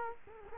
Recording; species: mosquito wingbeat signal from an infrared sensor; Culex quinquefasciatus